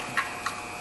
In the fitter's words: you'll hear it snap right back in where it belongs.